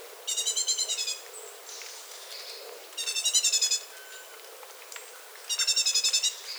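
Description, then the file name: Great tit giving three rattling bursts of quick, evenly spaced buzzy notes, each lasting under a second, separated by quiet background hiss. "Parus major"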